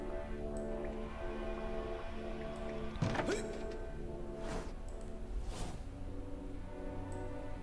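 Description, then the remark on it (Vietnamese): A door rattles and thumps a few times in short, uneven bursts over a steady, humming musical drone, the shaking faint rather than loud. “Bỗng nhiên có tiếng cô Tiến văng vẳng đâu đây, cùng với tiếng lay lay cửa văng vẳng ở đâu đó.”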